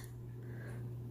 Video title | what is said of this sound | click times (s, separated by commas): How to Assmeble the BABY TREND TOUR LTE 2-in-1 STROLLER WAGON | until it clicks in to place | 0.0 s